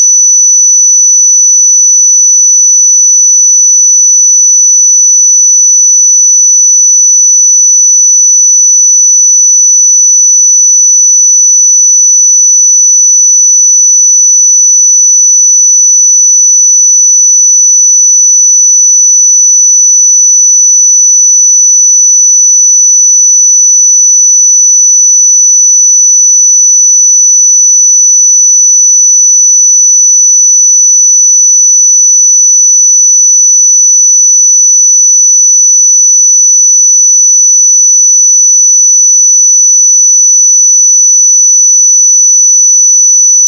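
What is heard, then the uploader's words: A pure sine tone at 5965 Hz holds perfectly steady for the whole 43 seconds, a thin, bright, piercing whistle. Its pitch and loudness never change, and there are no other sounds behind it. 5965 Hz 1 Hz Interval Sine Pure Tone Frequency 441000 Sample Mono.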